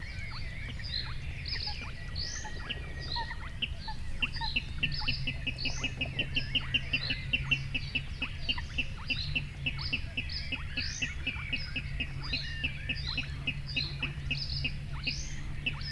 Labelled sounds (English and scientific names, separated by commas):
Spotted Crake (Porzana porzana)